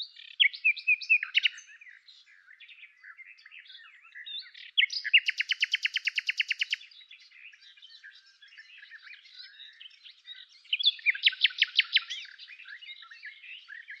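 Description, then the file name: Common nightingale song with sharp loud notes, a long fast series of repeated pulses midway, and a later rattling trill between softer chattering. "Luscinia megarhynchos"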